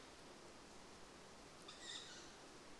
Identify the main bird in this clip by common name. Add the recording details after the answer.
Tawny Owl. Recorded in Germany. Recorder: ecoPi